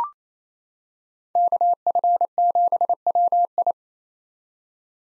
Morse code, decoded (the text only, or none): KF7WI